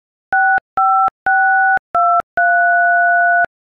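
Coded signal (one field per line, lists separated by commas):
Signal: DTMF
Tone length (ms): 280 ms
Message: 65623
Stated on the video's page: DTMF tones from an iPhone keypad playing an Adele song.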